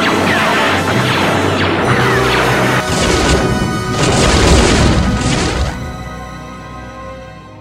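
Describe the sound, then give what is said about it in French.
A loud explosion as the black combine harvester is blown up: dense crashing and booming bursts with metallic debris rattling for several seconds, surging again midway before gradually fading out. No one speaks. “Vous pouvez détruire la moissonneuse batteuse noire. Ok, on fait péter ça et on rentre.”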